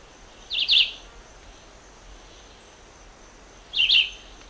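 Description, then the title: Red-eyed vireo song: two short, slurred whistled phrases around mid-high pitch, separated by a pause of about three seconds, over faint steady background hiss. "LuckyPassaro Completos2Sama. Red-eyed Vireo (Vireo olivaceus)"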